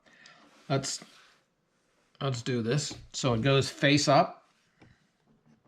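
A memory card is turned face up and lined up with the card slot of a fish finder before being pushed in, while someone talks. Only soft handling noise is heard around the speech, and the card has not seated or clicked yet.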